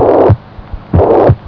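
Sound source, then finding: Heart by stethoscope. Heart murmur (mitral regurgitation).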